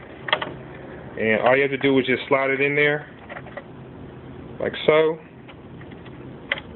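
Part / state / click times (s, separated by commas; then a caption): gobo into moving-head fixture gobo wheel / seated / 6.5 s. A metal gobo, held by its tab, is slid down into its slot on the rotating gobo wheel of a Chauvet Intimidator Spot 250 or 350 moving-head light while someone talks. It snaps into place with a sharp click at 6.5 s, and the gobo is seated.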